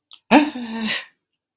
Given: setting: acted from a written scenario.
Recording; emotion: vocal sound without words; negative surprise